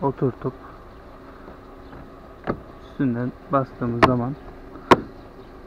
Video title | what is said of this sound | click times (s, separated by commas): TOYOTA COROLLA İÇ MEKAN KROM DETAY BOYAMA | üstünden bastığımız zaman tırnakları yerine oturuyor zaten. | 4.9 s